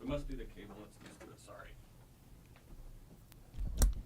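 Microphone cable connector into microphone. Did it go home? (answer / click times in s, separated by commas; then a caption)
yes / 3.8 s. A loose microphone cable connector is pushed back into a podcast microphone after the audio keeps cutting out. Someone talks at the start, then the connector seats with a sharp click at 3.8 s. It is now seated.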